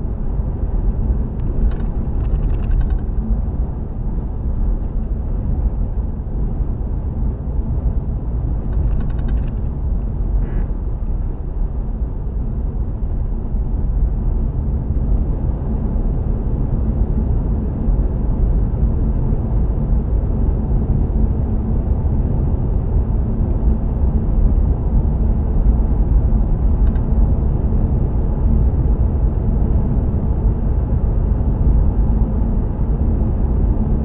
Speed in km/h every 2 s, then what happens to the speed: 55, 55, 55, 53, 53, 53, 53, 53, 55, 55, 56, 56, 58, 60, 61, 61, 61.
0-15 steady at about 53. 15-27 speeds up to 61. 27-34 steady at about 61.